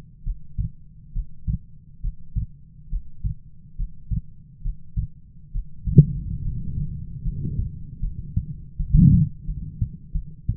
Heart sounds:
heart sounds by stethoscope; 73 bpm
0.23 s: heartbeat
1.12 s: heartbeat
2.01 s: heartbeat
2.89 s: heartbeat
3.76 s: heartbeat
4.62 s: heartbeat
5.52 s: heartbeat
6.42 s: heartbeat
7.22 s: heartbeat
8.00 s: heartbeat
8.77 s: heartbeat
9.45 s: heartbeat
10.13 s: heartbeat
From the record:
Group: healthy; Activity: breath hold 0-8 s, rest 8-11 s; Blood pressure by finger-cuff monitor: 137/84 mmHg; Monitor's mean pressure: 103 mmHg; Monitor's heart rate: 69 bpm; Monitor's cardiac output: 6.3 L/min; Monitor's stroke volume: 92 mL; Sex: female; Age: 22 years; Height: 161 cm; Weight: 65.5 kg

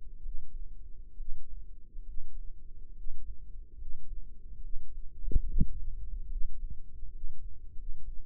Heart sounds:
heart sounds by microphone in the left ear; 72 bpm
0.18 s: heartbeat
1.14 s: heartbeat
2.02 s: heartbeat
2.92 s: heartbeat
3.74 s: heartbeat
4.58 s: heartbeat
5.44 s: heartbeat
6.26 s: heartbeat
7.08 s: heartbeat
7.72 s: heartbeat
From the record:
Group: healthy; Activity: rest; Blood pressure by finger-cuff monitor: 108/70 mmHg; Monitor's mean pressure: 81 mmHg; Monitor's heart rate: 72 bpm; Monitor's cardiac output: 5.4 L/min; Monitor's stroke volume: 79 mL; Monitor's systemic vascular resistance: 1080 dyn s/cm5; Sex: female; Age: 22 years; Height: 171 cm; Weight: 65.6 kg

